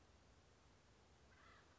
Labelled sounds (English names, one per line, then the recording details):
Acorn Woodpecker
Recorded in Sonoma County, California